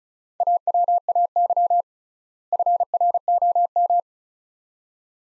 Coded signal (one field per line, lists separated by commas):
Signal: Morse code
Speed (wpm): 34 wpm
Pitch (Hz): 700 Hz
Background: none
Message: AWAY FROM